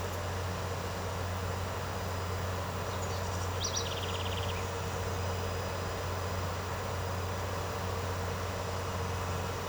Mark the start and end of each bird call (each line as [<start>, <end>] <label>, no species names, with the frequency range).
[3.56, 4.65] bird call (1.4-7.1 kHz)